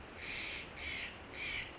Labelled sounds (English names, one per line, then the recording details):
Steller's Jay
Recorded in Sonoma County, California